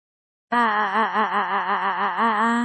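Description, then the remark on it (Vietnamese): An agonized scream from inside a room: a single loud, sustained cry that bursts in suddenly and holds for about two seconds, its pitch wavering and shuddering throughout. “Khoảng mấy phút sau đó Rosen liền nghe được một đạo hét thảm âm thanh từ trong phòng truyền ra.”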